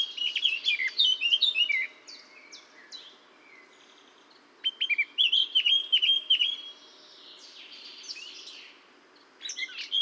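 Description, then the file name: Eurasian blackcap song: rapid scratchy warbling at the start, a lull, then loud clear whistled notes in a quick run, with another short burst at the end. "Sylvia atricapilla"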